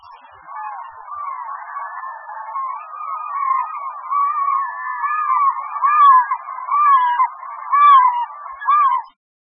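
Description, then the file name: Slaty-backed gull calls: a long series of wavering, mewing notes that rise and fall, gaining strength and repeating about once a second before stopping. "oosegurokamome"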